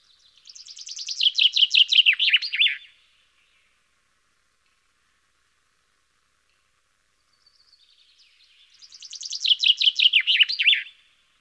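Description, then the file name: Common chaffinch delivers two full song phrases about eight seconds apart, each a rattling cascade of descending notes closing with a flourish, silence between them. "Fringilla coelebs"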